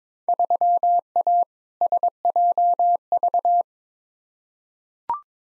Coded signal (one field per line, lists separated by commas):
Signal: Morse code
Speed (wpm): 22 wpm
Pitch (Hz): 700 Hz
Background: none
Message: 3A SJV